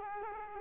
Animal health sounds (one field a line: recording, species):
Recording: mosquito wingbeat signal from an infrared sensor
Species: Culex quinquefasciatus